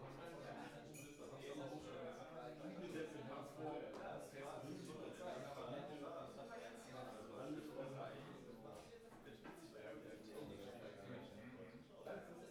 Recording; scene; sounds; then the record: everyday scene through a hearing-aid microphone; many people talking; many voices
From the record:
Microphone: behind the ear, right, rear